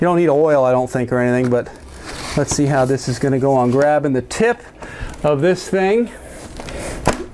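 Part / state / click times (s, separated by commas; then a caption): RC airplane wingtip into wing panel / seated / 7.1 s. Someone talks while grabbing the tip and pushing the second wingtip, licked to make it slippery, onto the wing panel of an E-Flite P-51D Mustang 1.5m RC airplane. A sharp snap is heard at 7.1 s as the wingtip seats into place.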